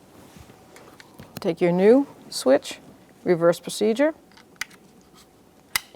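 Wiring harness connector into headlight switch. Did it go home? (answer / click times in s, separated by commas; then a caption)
yes / 5.8 s. A wiring harness connector is pushed onto the back of a new plastic headlight switch on a 2011-2021 Jeep Grand Cherokee while someone talks. After a few faint ticks, one sharp click at 5.8 s marks the connector seating in the switch.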